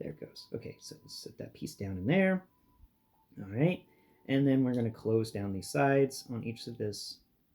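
Someone talks while handling a plastic Hasbro Haslab Legacy Evolution Deathsaurus transforming toy robot, setting a piece down and getting ready to close the plastic side panels onto the tiger chest piece. Only speech and faint handling are heard. Nothing has seated or clicked yet.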